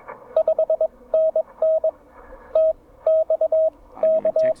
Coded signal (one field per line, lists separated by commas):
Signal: Morse code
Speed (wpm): 22 wpm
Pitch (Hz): 640 Hz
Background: radio noise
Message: 5NN TXK